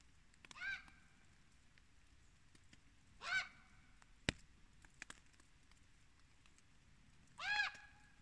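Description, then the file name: Bird calls: three loud, harmonic calls spaced a few seconds apart, with scattered clicks between them and low rumble beneath. Unidentified bird recorded at Store Fidlingen; submitted as a question asking which bird it is. "hvilken fugl store fidlingen"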